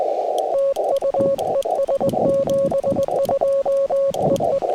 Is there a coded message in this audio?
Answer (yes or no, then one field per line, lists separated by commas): yes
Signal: Morse code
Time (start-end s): 0.6-4.6 s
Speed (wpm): 19 wpm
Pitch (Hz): 560 Hz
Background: radio noise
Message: TU ES 72 EE